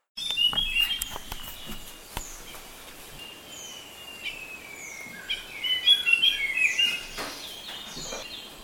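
Shama song, busy: rapid high chirps and whistled phrases with some downslurred notes, over steady background hiss.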